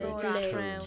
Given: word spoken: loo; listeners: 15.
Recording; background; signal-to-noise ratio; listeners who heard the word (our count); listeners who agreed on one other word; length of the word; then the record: one English word in noise, from a listening test; four-talker babble; 0.8 dB; 0 of 15; 6 of 15; 0.47 s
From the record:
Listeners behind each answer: 6, 2, 1, 1, 1, 1, 1, 1, 1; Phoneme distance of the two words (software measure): 24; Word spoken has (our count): 1 syllable, 2 phonemes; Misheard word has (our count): 1 syllable, 4 phonemes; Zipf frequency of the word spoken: 4.10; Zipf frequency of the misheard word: 4.92